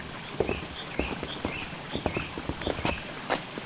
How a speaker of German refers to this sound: Seht ihr den Bach dort vor uns? Ja, der fließt direkt den Berg herunter. Zum Glück gibt es hier eine Brücke, sonst könnten wir gar nicht weitergehen.